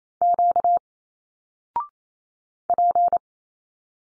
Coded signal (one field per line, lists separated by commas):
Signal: Morse code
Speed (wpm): 28 wpm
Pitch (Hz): 700 Hz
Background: none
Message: Q P